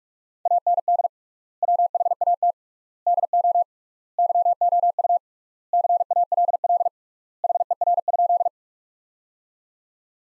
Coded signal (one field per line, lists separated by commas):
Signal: Morse code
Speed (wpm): 46 wpm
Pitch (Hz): 700 Hz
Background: none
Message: AND WHAT DO YOU CALL HER?